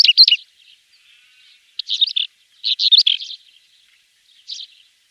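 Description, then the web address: Pied wheatear song, short scratchy high warbled phrases at irregular intervals, with soft quiet notes between. "Schulze Peter Pied Wheatear song"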